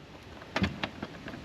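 Two round plastic pegs on a trim piece are angled and pushed into their holes in the bumper while installing an American Modified armor grille with off-road lights on a 2019–21 Sierra 1500. Sharp plastic clicks at 0.6 s and 0.8 s mark each peg popping in, with fainter knocks around 0.6 s, 1.0 s and 1.3 s. Both pegs are seated.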